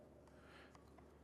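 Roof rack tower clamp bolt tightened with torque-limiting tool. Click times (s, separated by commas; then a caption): 0.7 s. A roof rack tower clamp bolt on a Thule WingBar Evo roof rack for a 2023 Lincoln Aviator is tightened with the included torque-limiting tool. Over a steady low hum, a single faint click is heard at 0.7 s. The tool clicks at its setting, signalling correct tightness without overtightening.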